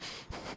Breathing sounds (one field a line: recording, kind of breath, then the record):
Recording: one breath in and out by a microphone near the nose and mouth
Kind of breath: strong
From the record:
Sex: male